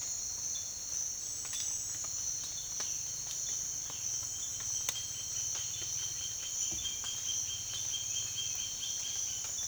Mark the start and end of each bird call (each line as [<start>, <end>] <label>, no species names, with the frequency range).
[4.31, 9.68] bird call (1.1-3.8 kHz)